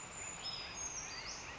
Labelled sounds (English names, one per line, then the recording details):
Brown Creeper
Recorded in Sonoma County, California